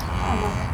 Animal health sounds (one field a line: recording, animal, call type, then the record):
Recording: contact call of a hoofed animal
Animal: cattle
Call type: low-frequency (closed-mouth) or high-frequency (open-mouth) call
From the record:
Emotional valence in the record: negative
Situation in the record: full separation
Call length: 0.75 s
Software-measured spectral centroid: 2300 Hz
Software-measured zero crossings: 1480 a second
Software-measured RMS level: -24 dBFS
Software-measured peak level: -11 dBFS